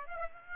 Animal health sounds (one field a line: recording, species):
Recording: mosquito wingbeat signal from an infrared sensor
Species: Aedes aegypti